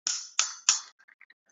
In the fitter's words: tighten the tip you must hear the click sound you can hear